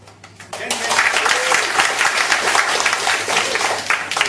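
An audience breaks into applause after a brief quiet start, a dense, steady wash of many hands clapping that stays loud and even until the end.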